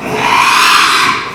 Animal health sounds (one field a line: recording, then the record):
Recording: squeal of a Yucatan mini pig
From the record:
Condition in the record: after surgery on the right vocal fold (resection and tissue-engineered implant)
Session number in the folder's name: 1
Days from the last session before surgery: 6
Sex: male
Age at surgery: 12 weeks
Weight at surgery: 13 kg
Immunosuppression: cyclosporine, prednisolone